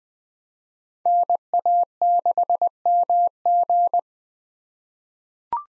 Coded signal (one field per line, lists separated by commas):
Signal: Morse code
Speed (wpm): 20 wpm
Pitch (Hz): 700 Hz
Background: none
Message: NA6MG